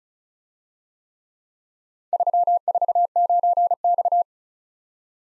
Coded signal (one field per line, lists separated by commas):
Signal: Morse code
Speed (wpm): 34 wpm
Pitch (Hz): 700 Hz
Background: none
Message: 349X